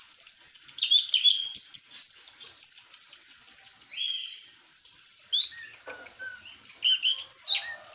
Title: Kicau Mania Suara Burung Anis Merah Gacor Teler Doyorng Juara